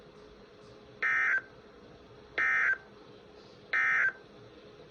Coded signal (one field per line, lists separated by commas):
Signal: Emergency Alert System (SAME) tones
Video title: EAS ALERTS 5881-5893 FROM 06/17/24